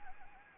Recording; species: mosquito wingbeat signal from an infrared sensor; Anopheles gambiae